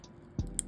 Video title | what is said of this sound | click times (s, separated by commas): Replacing G Shock GMA-S110MP Battery MADE EASY! Step By Step Tutorial (5425 Module) | You'll feel it click right into place. | 0.6 s